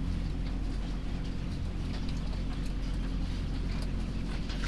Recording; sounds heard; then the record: poultry house recording; sick chickens (respiratory disease)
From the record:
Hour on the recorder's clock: 20